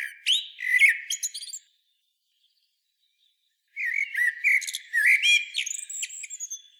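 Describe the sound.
Eurasian blackbird with two short whistled phrases, each ending in thin, high twitters, separated by about two seconds of silence.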